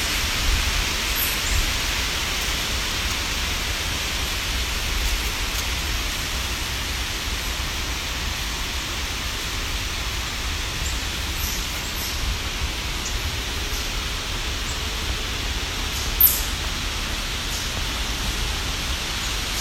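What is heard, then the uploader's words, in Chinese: Steady, dense outdoor hiss with a low rumble fills a state forest in Victoria, Australia, with faint high clicks near one, twelve and sixteen seconds. 澳大利亚维多利亚州拉格伦山高尔州立森林。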